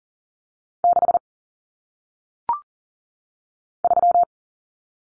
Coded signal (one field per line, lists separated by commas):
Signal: Morse code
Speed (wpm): 40 wpm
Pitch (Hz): 700 Hz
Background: none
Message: 6 3